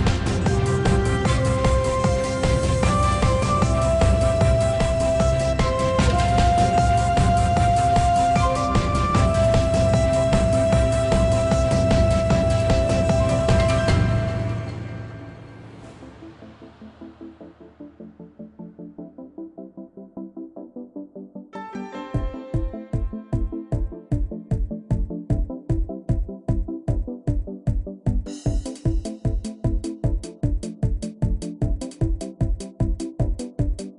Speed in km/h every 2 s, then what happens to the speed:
101, 100, 97, 95, 93, 93, 92, 90, 92, 89, 90, 90, 89, 92, 97, 97, 100.
0-7 slows to 93. 7-23 steady at about 90. 23-34 speeds up to 100.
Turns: none.